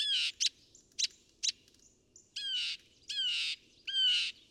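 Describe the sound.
Northern mockingbird giving harsh, squawky notes mixed with short sharp clicks, the rasping phrase repeated several times, with faint background hiss.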